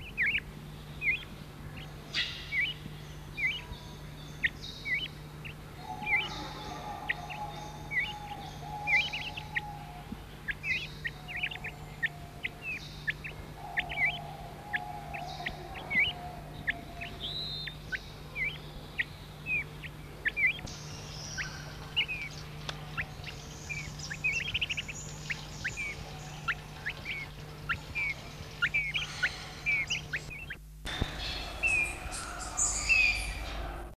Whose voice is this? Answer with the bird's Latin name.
Rollulus rouloul